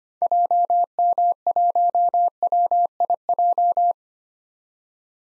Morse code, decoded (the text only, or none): JM1WIJ